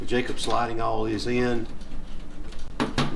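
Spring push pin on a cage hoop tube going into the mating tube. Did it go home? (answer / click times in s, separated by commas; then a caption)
yes / 2.8 s, 3.0 s. Someone talks while metal hoop segments of a Power2Fly Titan/Titan XL paramotor cage are slid together, each spring push pin on a cage hoop tube going into its mating tube. Two sharp metallic clicks ring out at 2.8 s and 3.0 s as the push pins snap all the way into their holes, seating the segments and locking the hoop in place.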